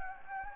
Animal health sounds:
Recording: mosquito wingbeat signal from an infrared sensor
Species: Anopheles gambiae

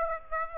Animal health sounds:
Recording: mosquito wingbeat signal from an infrared sensor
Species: Aedes aegypti

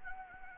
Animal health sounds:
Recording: mosquito wingbeat signal from an infrared sensor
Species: Anopheles gambiae

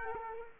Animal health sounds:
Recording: mosquito wingbeat signal from an infrared sensor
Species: Culex quinquefasciatus

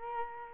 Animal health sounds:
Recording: mosquito wingbeat signal from an infrared sensor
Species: Culex quinquefasciatus

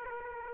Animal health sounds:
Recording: mosquito wingbeat signal from an infrared sensor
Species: Aedes aegypti

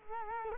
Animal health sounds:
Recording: mosquito wingbeat signal from an infrared sensor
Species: Culex quinquefasciatus

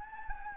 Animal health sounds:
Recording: mosquito wingbeat signal from an infrared sensor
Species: Anopheles gambiae

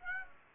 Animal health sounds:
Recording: mosquito wingbeat signal from an infrared sensor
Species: Aedes aegypti

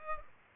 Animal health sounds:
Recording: mosquito wingbeat signal from an infrared sensor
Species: Culex pipiens

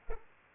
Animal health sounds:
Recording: mosquito wingbeat signal from an infrared sensor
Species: Aedes aegypti

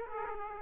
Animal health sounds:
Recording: mosquito wingbeat signal from an infrared sensor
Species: Aedes aegypti

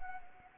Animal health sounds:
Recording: mosquito wingbeat signal from an infrared sensor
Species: Anopheles arabiensis

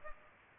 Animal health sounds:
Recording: mosquito wingbeat signal from an infrared sensor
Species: Culex pipiens

